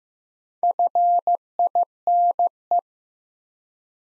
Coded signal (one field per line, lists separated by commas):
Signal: Morse code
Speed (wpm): 15 wpm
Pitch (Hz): 700 Hz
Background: none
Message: FINE